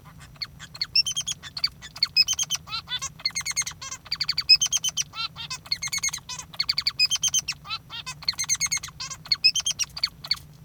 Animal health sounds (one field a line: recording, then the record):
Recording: song of a male Bengalese finch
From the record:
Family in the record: father 3